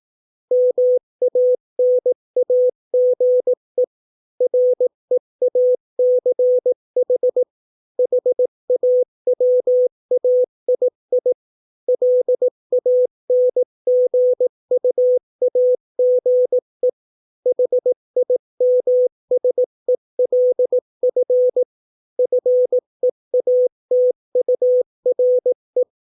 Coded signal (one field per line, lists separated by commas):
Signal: Morse code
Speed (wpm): 18 wpm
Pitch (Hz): 500 Hz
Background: none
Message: MANAGE REACH HAWAII LANGUAGE HIMSELF FEATURE